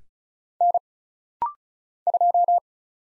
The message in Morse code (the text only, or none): N 2